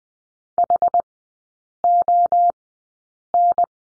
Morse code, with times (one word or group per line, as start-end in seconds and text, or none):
0.6-1.0 H
1.8-2.5 O
3.3-3.6 N